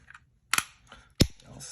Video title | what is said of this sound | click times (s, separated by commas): Xbox One Controller Joystick Replacement | snap into place just like that | 0.5 s, 1.2 s